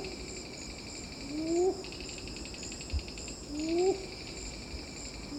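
Red-billed ground cuckoo giving two short, low, rising hooted notes about two seconds apart, over a steady buzzing and pulsing insect chorus.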